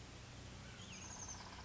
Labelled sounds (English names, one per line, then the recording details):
Oak Titmouse
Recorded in Sonoma County, California